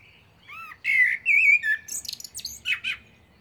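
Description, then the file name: Common blackbird song: a short fluted warble, then a burst of high, squeaky twittering notes. "Turdus merula"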